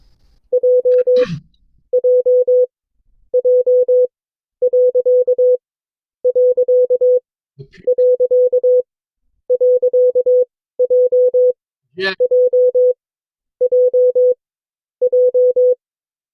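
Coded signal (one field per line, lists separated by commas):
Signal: Morse code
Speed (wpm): 22 wpm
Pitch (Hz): 500 Hz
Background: none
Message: JJJ....JJJJ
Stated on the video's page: Morse code class session from an amateur radio club.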